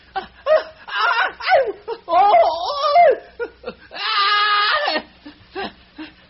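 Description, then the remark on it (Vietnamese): Strained, high-pitched screams and wails of pain from prisoners whose hands, stuck out through a locked door, are struck with a wooden stick by a police officer, come in several ragged bursts, with one long sustained cry near the end and choked, sobbing sounds between them. “Trong khi còn một tên công an nữa đang cầm một đoạn gỗ như cái cán xẻn, thẳng tay giáng xuống hai cái tay, thò ra ngoài chấn sông của cánh cửa, bị khóa cái cổng số 8, tiếng hét ré lên.”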